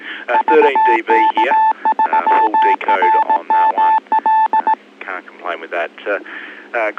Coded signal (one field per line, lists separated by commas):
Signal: Morse code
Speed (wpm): 18 wpm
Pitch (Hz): 880 Hz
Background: speech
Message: VK3RML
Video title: MELBOURNE EASYPAL NET: 25 June 2020.